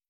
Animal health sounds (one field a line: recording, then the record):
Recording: hydrophone in a shrimp aquaculture tank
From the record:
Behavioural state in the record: starved